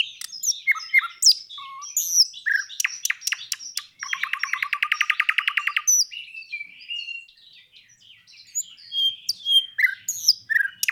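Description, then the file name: Nightingale singing varied phrases of whistles and chirps, broken by a rapid rattling trill lasting about two seconds, then more twittering notes. Recorded 26 April 2012. "Luscinia 26 04 2012"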